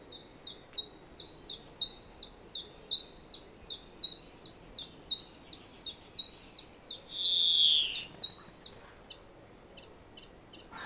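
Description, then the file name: European greenfinch calling, a steady series of short high notes about three per second, broken near the end by one long, buzzy wheeze. "Chloris chloris"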